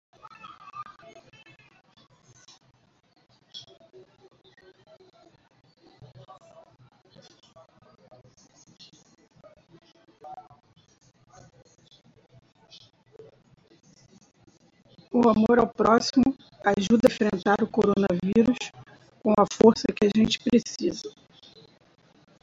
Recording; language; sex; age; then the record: spoken sentence; Brazilian Portuguese; female; 50 to 59 years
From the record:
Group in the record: control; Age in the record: 56 years